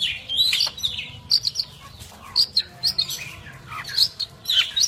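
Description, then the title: Long-tailed shrike song: irregular bursts of high squeaky chirps and short whistled phrases, with pauses between them. Champion songbird. "Kicau Burung Cendet Juara"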